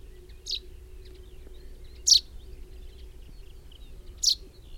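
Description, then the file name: Common chaffinch call notes, brief bright chips spaced roughly two seconds apart, the first quieter, against a low background hum. "Fringilla coelebs"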